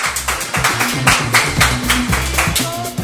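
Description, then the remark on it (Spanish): Sparse applause from two audience members, one from Cyprus and one from Tielmes, with loud, irregular claps running through the whole stretch over a steady low tonal sound underneath. “Buenos aplausos, y aquí me llenan de energía.”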